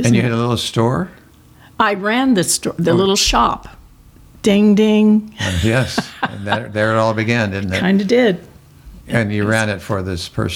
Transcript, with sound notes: You had a little store?
I ran the store, the little shop, “ding ding.” (Chuckling)
Yes, there it all began, didn't it?
Kind of did.
And you ran it for this person?